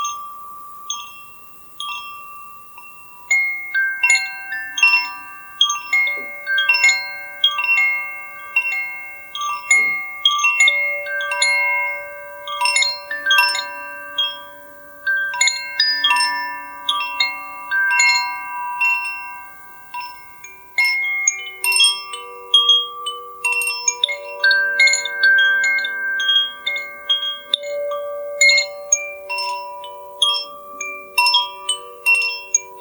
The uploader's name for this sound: Koshi Bell